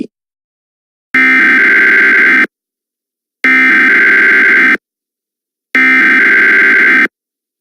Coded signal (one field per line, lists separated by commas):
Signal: Emergency Alert System (SAME) tones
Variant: header bursts